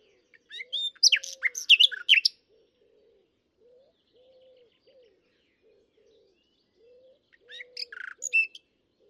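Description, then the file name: Common nightingale song: two bursts of varied, sharp high chirps and trills, separated by a pause, over soft, low repeated notes in the background. "Luscinia megarhynchos"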